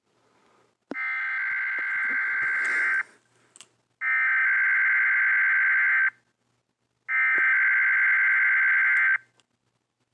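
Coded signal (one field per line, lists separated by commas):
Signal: Emergency Alert System (SAME) tones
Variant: header bursts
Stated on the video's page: EAS alert breaking into The Polar Express.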